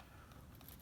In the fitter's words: There's also a latch that then pops into place and holds this very securely on there.